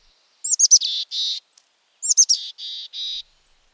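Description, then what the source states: Mountain chickadee calls: two phrases, each with quick high chip notes followed by two or three hoarse, buzzy dee notes. Husky voice.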